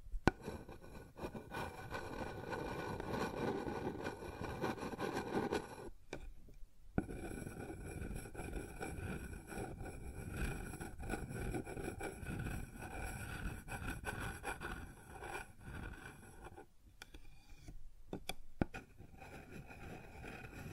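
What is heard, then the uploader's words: Sounds on a wooden surface: a dense, rumbling scrape continues for most of the clip, rough and uneven. It breaks off abruptly near six seconds and again around seventeen to nineteen seconds, with sharp knocks marking the gaps and a faint steady whine underneath. ASMR Sounds on Wooden Surface (No Talking).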